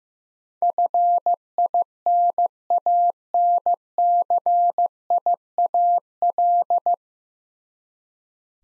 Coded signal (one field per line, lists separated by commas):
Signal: Morse code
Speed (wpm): 15 wpm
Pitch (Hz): 700 Hz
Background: none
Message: FINANCIAL